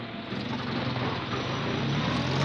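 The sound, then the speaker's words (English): A car engine hums and rumbles steadily with a broad whooshing roar, growing slightly louder over a couple of seconds, with no voices, as Aunt Dahlia's car pulls away from Victoria Station, heading for Brinkley Court in Worcestershire. “on July the 26th, I was standing on Victoria Station waving a fond farewell to aunt and child as they shoved off in Aunt Dahlia's car to Brinkley Court, her place in Worcestershire.”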